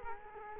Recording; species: mosquito wingbeat signal from an infrared sensor; Culex quinquefasciatus